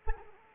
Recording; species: mosquito wingbeat signal from an infrared sensor; Anopheles gambiae